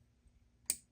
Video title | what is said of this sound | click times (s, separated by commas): How to Replace Spark Plugs on 2023 Porsche Macan 2.0L Turbo | a screwdriver, pull it up, and you will hear the click. | 0.7 s